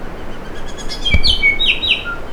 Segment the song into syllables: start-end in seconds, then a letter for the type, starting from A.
0.54-0.60 A, 0.66-0.71 A, 0.76-0.82 A, 0.88-0.95 A, 1.00-1.14 B, 1.21-1.34 C, 1.40-1.55 D, 1.58-1.71 E, 1.81-1.94 E, 2.04-2.15 F